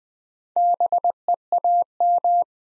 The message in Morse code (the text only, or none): BEAM